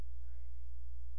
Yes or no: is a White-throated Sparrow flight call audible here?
no